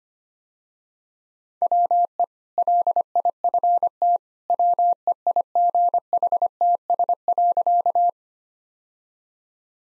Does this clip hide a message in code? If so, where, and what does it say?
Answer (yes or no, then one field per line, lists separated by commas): yes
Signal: Morse code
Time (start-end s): 1.6-8.1 s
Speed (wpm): 25 wpm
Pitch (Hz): 700 Hz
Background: none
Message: WE LIFT WEIGHTS.